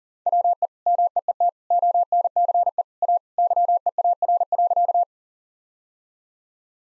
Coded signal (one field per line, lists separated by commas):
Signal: Morse code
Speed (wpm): 40 wpm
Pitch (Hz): 700 Hz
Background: none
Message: WE MEET ONCE A YEAR.